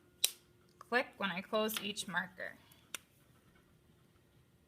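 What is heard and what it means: A plastic cap is pressed onto a marker barrel until it snaps on, giving a sharp click at 0.2 s as the marker cap clicks shut and seats. Someone then talks, and another brief tick sounds near 3.0 s.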